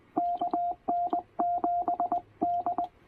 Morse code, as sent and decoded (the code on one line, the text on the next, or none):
-.- -. --... -..
KN7D